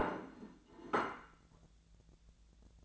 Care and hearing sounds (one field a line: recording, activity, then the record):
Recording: daily activity, microphone in the room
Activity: place plate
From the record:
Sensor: 3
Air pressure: 1000.2 hPa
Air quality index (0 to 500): 140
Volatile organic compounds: 2 ppm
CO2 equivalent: 1240 ppm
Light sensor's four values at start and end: 29/73/31/34 and 29/72/31/34